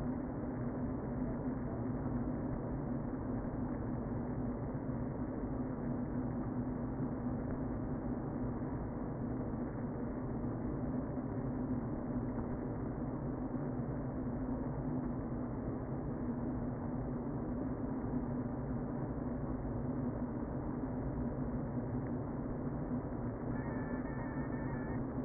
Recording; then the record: honeybee colony, microphone inside the hive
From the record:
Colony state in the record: queen present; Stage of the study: before two queens were removed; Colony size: about 60,000 bees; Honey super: yes